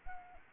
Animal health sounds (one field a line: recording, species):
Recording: mosquito wingbeat signal from an infrared sensor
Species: Anopheles gambiae